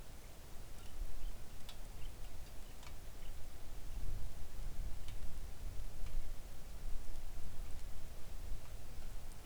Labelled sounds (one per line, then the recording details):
bird
rain
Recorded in the Arctic National Wildlife Refuge, Alaska, on 3 August 2019 at 05:56
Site 41